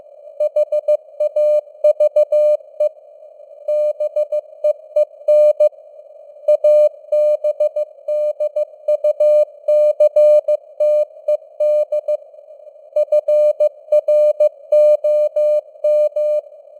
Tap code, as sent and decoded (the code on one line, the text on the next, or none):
none